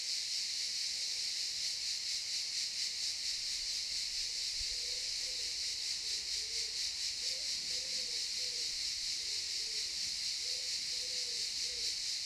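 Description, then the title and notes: Cicadas in a loud, continuous high-pitched buzzing chorus with a steady pulsing rhythm, about two pulses per second, with faint low whistles in the background. Cicadas in the pine forest of a campsite at Albinia, Grosseto, Tuscany, Italy. "Camping Africa, Via Aurelia, Albinia, Grosseto, Toscana, 58015, Italia - Cicale nel campeggio. Cicale nella pineta del campeggio. Cicadas in the pine forest of the campsite"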